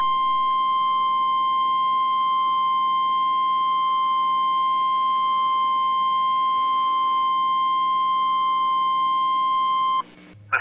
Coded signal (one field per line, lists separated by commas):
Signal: Emergency Alert System (SAME) tones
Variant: 1050 Hz attention tone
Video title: NOAA EAS SEVERE THUNDERSTORM WATCH 4/4/23